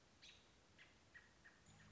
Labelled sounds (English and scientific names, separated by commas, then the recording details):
American Robin (Turdus migratorius)
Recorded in Sonoma County, California